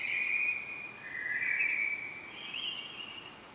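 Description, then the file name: Common blackbird call: a thin, sustained note that dips slightly, then steps up in pitch and fades, over soft background hiss. "Turdus merula"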